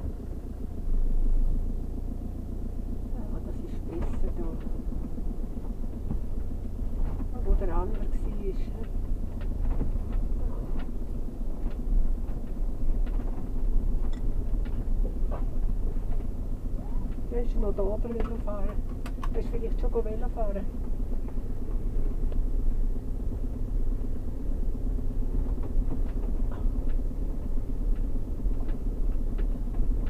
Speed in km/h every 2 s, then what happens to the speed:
0, 0, 0, 0, 0, 0, 0, 0, 0, 0, 0, 0, 0, 0, 0.
0-30 standing.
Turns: none.